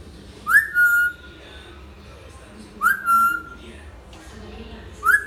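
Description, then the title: Hill myna whistling a two-part note, a sharp rising slur into a level whistle, repeated roughly every two and a half seconds over faint hum. Active, persistently singing bird; recording intended as a tutor track for training other birds. "Suara Burung Beo Gacor Cocok Untuk Masteran"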